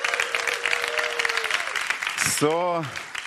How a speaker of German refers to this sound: Geben wir mal dem Lobpreisteam einen kräftigen Applaus. Halleluja.